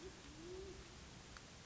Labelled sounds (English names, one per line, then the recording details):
Band-tailed Pigeon
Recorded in Sonoma County, California